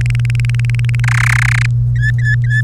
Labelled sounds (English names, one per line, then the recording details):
Domestic Canary song
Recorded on 1 May 2018 at 15:39
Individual llb3